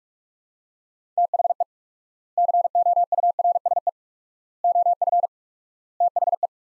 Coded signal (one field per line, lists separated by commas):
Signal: Morse code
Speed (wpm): 41 wpm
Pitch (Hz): 700 Hz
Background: none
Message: THE COURSE OF THE